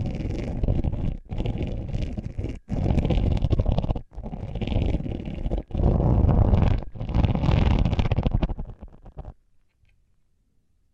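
Microphones scratched under tape give dense, crackling rustles in bursts of about a second or two, split by brief silent gaps, ending in silence.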